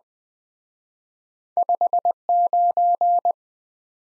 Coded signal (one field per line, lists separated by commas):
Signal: Morse code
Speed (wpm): 21 wpm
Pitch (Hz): 700 Hz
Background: none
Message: 59